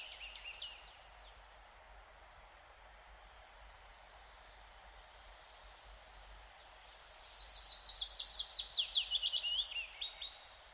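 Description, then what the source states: Willow Warbler: a brief fragment at the start, then after a quiet gap a full song of rapid slurred notes falling gradually in pitch, about three seconds long. Nests in typical pine forest like this; also in dense energy poplar plantations, where it is practically the only bird, and drying bogs being colonised by birch.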